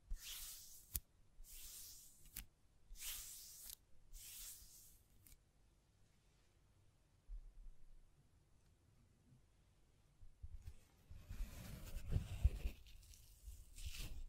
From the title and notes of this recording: ASMR Blue Yeti Mic Test Tapping, Scratching, Mic Brushing, Hand Sounds etc (No Talking).